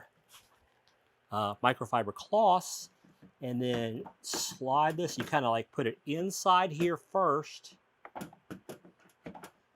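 Someone talks while sliding a part into the headlight housing of a 2012 Ford F-150 (12th generation) modified with projector LED bulbs, lining it up before snapping it in. Light handling ticks are heard from about 8.0 to 9.8 s. Nothing has seated or clicked into place yet.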